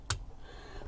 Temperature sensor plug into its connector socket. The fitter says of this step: and plug it in the back here until it clicks